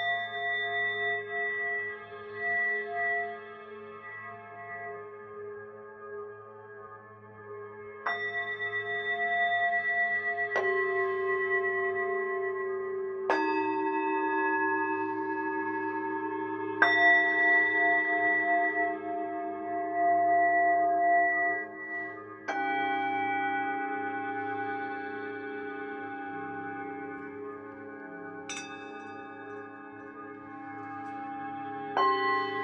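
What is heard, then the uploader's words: Tibetan singing bowls ring in a sound bath, each struck tone swelling and then sustaining as a long, pure hum with bright overtones above. New strikes land every few seconds, around 8, 11, 13, 17, 22 and 28 seconds, layering fresh tones over the fading ones. Tibetan Sound Bathing.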